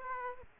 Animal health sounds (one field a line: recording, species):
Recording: mosquito wingbeat signal from an infrared sensor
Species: Aedes aegypti